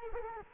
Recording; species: mosquito wingbeat signal from an infrared sensor; Culex quinquefasciatus